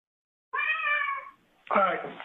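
A cat, thrown across the screen by its owner, lets out a long, wavering meow, then after a short pause a second, harsher and louder yowl follows, with no one talking over it.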